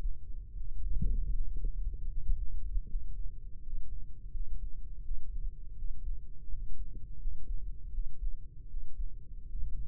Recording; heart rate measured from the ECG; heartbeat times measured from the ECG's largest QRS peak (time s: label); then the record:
heart sounds by microphone in the left ear; 81 bpm
0.54 s: heartbeat
1.31 s: heartbeat
2.09 s: heartbeat
2.87 s: heartbeat
3.60 s: heartbeat
4.31 s: heartbeat
5.02 s: heartbeat
5.75 s: heartbeat
6.49 s: heartbeat
7.18 s: heartbeat
7.91 s: heartbeat
8.68 s: heartbeat
9.46 s: heartbeat
From the record:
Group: healthy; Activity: rest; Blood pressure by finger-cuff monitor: 85/56 mmHg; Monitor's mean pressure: 64 mmHg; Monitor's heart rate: 82 bpm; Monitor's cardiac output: 5.2 L/min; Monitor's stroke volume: 62 mL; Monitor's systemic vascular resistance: 770 dyn s/cm5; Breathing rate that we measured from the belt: 20 breaths a minute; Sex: male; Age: 22 years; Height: 181 cm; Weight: 60 kg